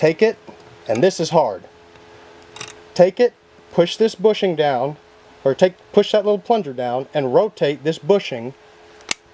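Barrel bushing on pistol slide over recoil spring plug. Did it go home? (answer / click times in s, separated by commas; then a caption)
yes / 9.1 s. While someone talks, the recoil spring plug is held down and the steel barrel bushing on a 1911 pistol slide is rotated until it snaps into place over the plug. A sharp, loud click is heard at 9.1 s, and the bushing is locked in.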